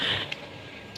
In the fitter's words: ठीक है ये पीछे को प्रेस करें खुल जाएगा